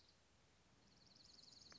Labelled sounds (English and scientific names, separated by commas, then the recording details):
Dark-eyed Junco (Junco hyemalis)
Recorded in Sonoma County, California